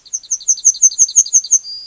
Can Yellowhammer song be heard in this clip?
yes